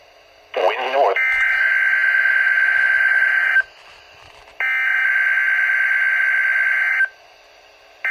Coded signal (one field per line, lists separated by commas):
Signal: Emergency Alert System (SAME) tones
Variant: header bursts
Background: speech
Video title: NOAA Weather Radio Required Weekly Test 9-29-21 (EAS #26)